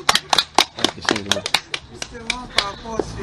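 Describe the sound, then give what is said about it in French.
Scattered hand claps from a small group applauding a woman who asked a question, sharp and irregular, about a dozen snaps over a few seconds, mixed with overlapping voices talking underneath. “On peut applaudir pour elle.”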